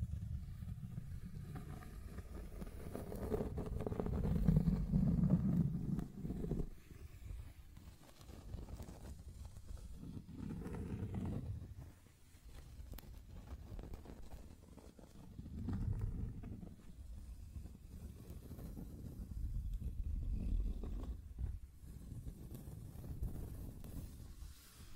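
Scratching and tracing sounds come as a low, rough rubbing that swells and fades in waves. The loudest stretch is around four to six seconds, with further surges near 10, 16 and 21 seconds. Mostly dull and rumbling, with faint brighter scrapes and no silent gaps.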